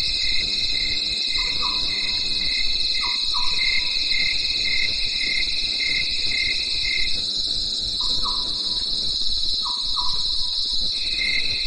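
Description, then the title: Crickets chirping in a dense insect chorus: steady high trilling with a pulsed band that drops out for a while, and occasional pairs of short rising notes over a low rumbling background. Crickets in a night chorus in the mountains, after daytime rain. "At night, the cricket cricket and nightingale choir in the mountains"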